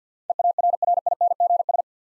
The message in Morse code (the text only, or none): EARRINGS